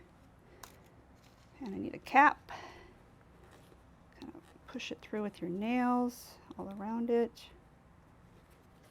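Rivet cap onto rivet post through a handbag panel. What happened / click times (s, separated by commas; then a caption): The cap is being pressed on but has not snapped home / none. A metal rivet cap is pushed down through the bag material of a handbag panel onto its rivet post, pressed all around with fingernails, while someone talks. Faint taps and ticks come at about 0.6 s and 4.1 to 4.4 s, but nothing has seated or clicked yet.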